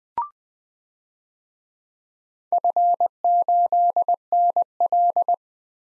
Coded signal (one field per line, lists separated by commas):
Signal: Morse code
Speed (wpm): 21 wpm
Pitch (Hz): 700 Hz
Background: none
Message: F8NL